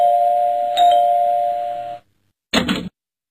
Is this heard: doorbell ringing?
yes